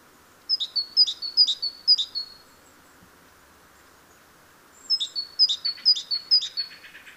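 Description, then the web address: Great tit song: four crisp two-note phrases, a pause, then four or five more, the later bout overlapped by softer buzzy lower notes. "SETE Parus major"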